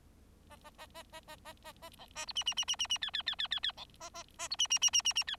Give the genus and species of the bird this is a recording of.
Lonchura striata domestica